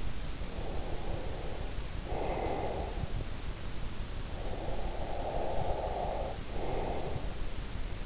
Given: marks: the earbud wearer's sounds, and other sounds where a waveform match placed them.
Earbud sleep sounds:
sounds in sleep by an in-ear microphone; breath
0.00-3.57 s: breath
4.18-7.77 s: breath

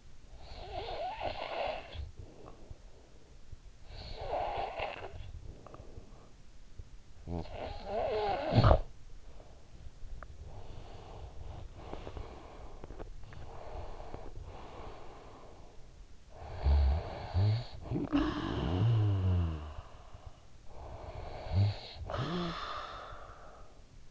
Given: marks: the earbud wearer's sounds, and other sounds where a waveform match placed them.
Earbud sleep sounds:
sounds in sleep by an in-ear microphone; snoring breath, breath
0.00-3.08 s: snoring breath
3.23-6.54 s: snoring breath
6.77-9.68 s: snoring breath
9.80-20.55 s: breath
20.55-24.11 s: snoring breath

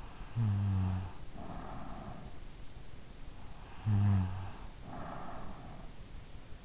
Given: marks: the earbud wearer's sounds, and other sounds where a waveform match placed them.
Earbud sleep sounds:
sounds in sleep by an in-ear microphone; snoring breath
0.32-2.61 s: snoring breath
3.74-6.12 s: snoring breath

